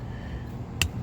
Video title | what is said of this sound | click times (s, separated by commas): homelite zs830b complete teardown and rebuild | Oh, it snapped pretty easily. | 0.8 s